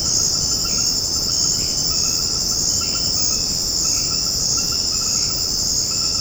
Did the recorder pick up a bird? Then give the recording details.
no. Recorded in secondary vegetation near Puerto Asís, Putumayo, Colombia, on 9 March 2025 at 19:30. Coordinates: 0.481, -76.318. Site G097